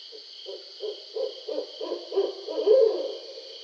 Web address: Barred Owl 2012 07 20 Barred Owl